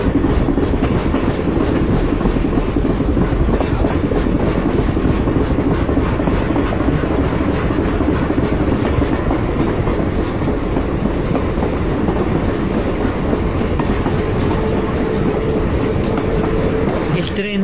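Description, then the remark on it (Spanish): A train on the US transcontinental railroad, crossing the United States coast to coast, rolls steadily along the rails with a continuous, loud rumble and a rapid clickety-clack of wheels over track joints, unbroken for the whole stretch. “Se ha formado una nación con ese clavo de oro cuando se encuentran los dos pedazos del ferrocarril.”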